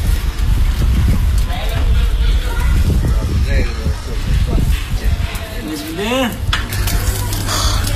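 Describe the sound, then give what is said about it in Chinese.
Lamb skewers sizzle and drip fat over a charcoal grill at a copper street stall as the vendor fans the coals with a board. A steady crackling hiss runs throughout while voices talk over it and a few brief clinks break in. “肉在火上滋滋冒油，闻起来很香。”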